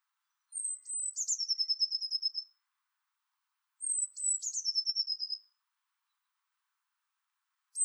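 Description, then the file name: Eurasian blue tit giving a thin, high descending note that runs into a fast, even trill, repeated twice about three seconds apart, with a third starting at the end. "Cyanistes caeruleus"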